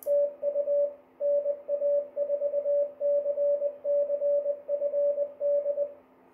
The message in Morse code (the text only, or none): TU NA4CC FD